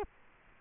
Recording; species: mosquito wingbeat signal from an infrared sensor; Culex quinquefasciatus